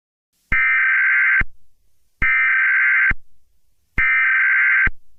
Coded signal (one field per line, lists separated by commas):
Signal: Emergency Alert System (SAME) tones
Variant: header bursts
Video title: eas scenario catemojibabyheat part 19